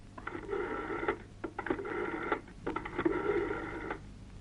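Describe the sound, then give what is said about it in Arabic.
A telephone is dialed to call a police officer: a few quick clicks like a dial turning, then three bright, buzzy rings, each about a second long with short pauses between, over a steady low hum. “يلا اضرب له تليفون.”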